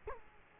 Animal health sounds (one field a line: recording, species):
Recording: mosquito wingbeat signal from an infrared sensor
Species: Culex quinquefasciatus